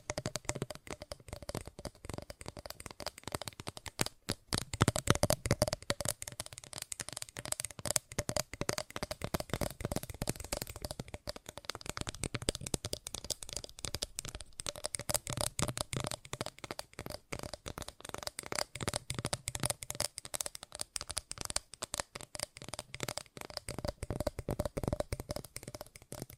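Fast ASMR tapping, a dense, continuous flurry of quick sharp clicks and taps with slight swells in intensity, running steadily throughout.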